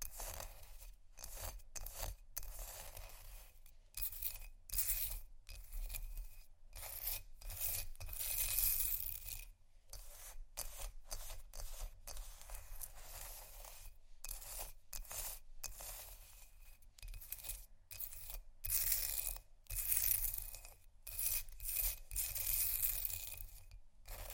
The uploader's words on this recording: Ice Scratch & Tap. No Talking.